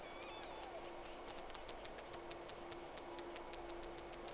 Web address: Sea Snake 10-3-06 Whales X 2 11-30 Round 1